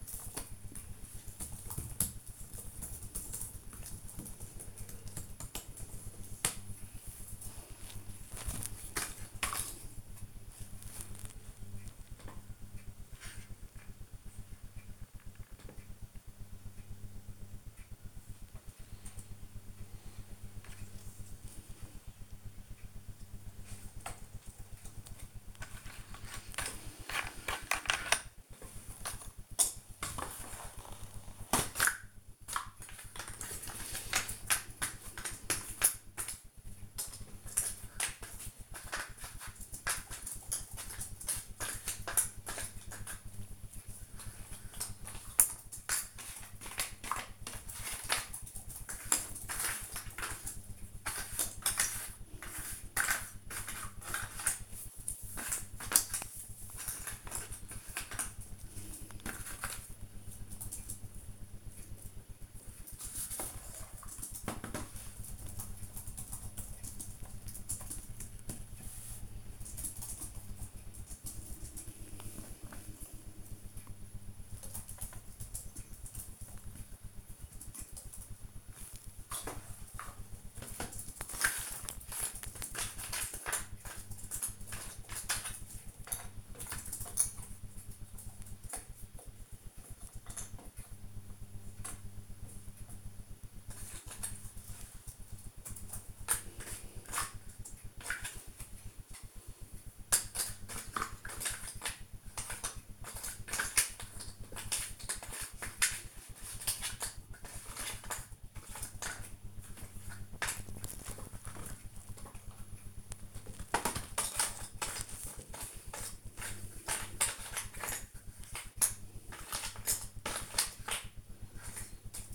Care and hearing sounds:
household activities, microphone on the right wrist
0.00-25.63 s: doing a puzzle
27.65-110.20 s: doing a puzzle
111.21-122.35 s: doing a puzzle

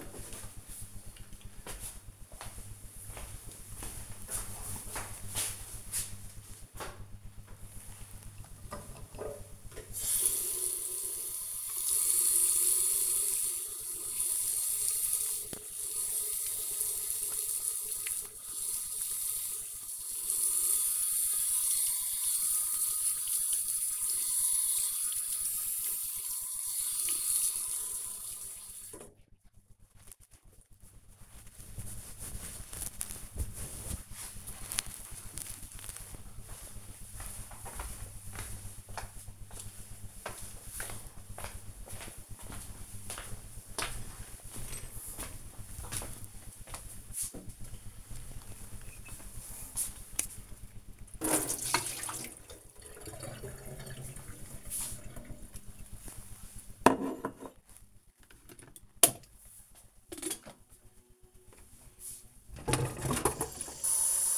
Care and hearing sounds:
household activities, microphone on the right wrist
7.16-29.31 s: washing hands
57.56-64.38 s: making tea

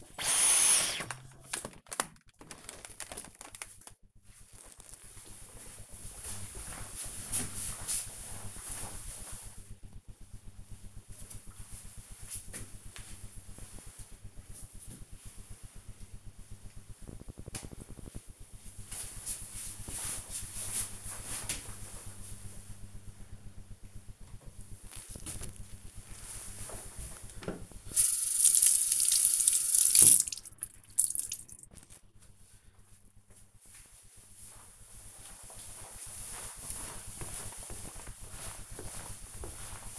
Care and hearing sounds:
household activities, microphone on the right wrist
23.38-39.99 s: cleaning table

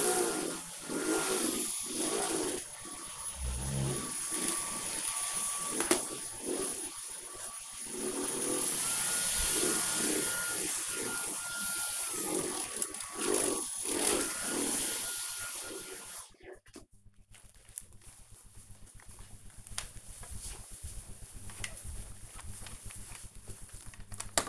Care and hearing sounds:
household activities, microphone on the right wrist
0.00-16.61 s: vacuum cleaning

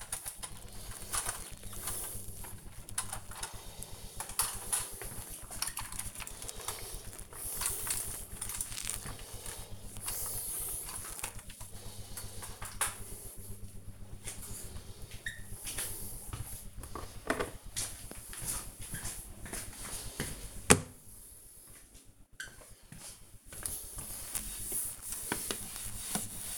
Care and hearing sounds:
household activities, microphone on the right wrist
0.00-26.58 s: cleaning the cupboard

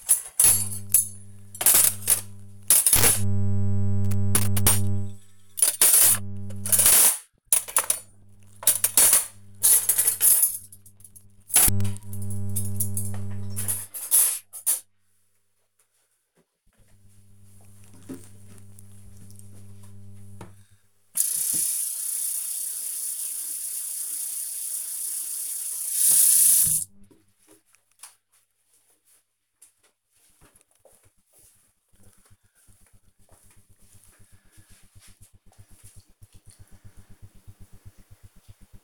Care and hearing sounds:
household activities, microphone on the right wrist
0.00-13.60 s: putting away the dishes
18.63-38.84 s: watering plant

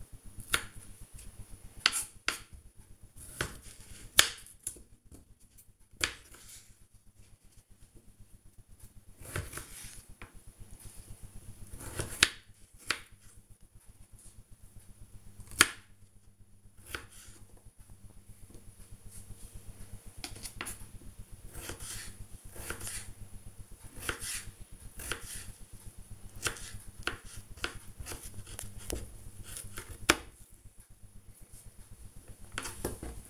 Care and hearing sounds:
household activities, microphone on the right wrist
0.00-33.30 s: cutting vegetables

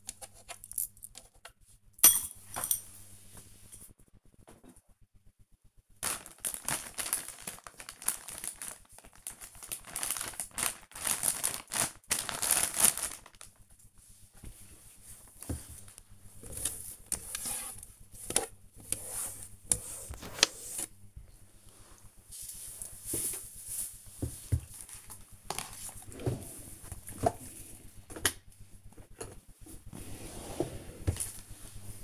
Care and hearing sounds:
household activities, microphone on the right wrist
0.00-7.30 s: tidy up the cupboard
15.34-32.04 s: cleaning the cupboard

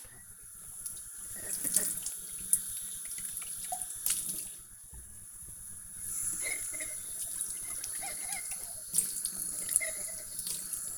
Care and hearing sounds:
household activities, microphone on the right wrist
0.00-10.98 s: washing dishes

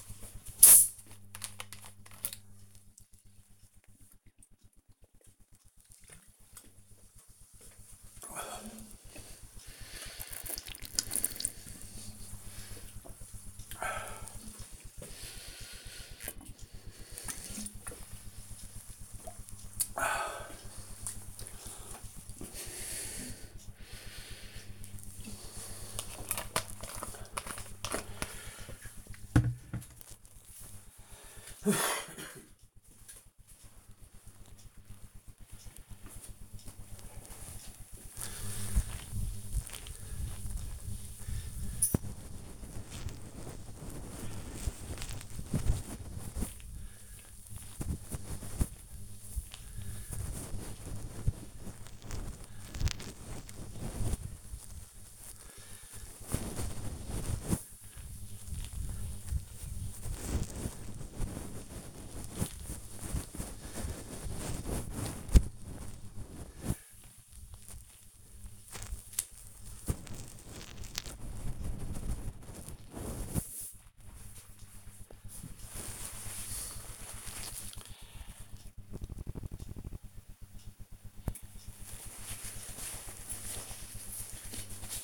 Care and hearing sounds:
household activities, microphone on the right wrist
0.00-25.97 s: drinking
39.08-71.33 s: cleaning table

